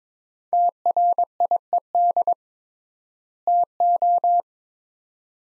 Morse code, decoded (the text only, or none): TRIED TO